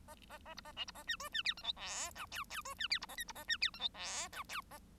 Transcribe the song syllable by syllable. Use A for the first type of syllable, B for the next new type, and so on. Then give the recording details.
A A A B A C B A D E D F G H I J K K E D F B A L B A D F G H I J K A. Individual Bird1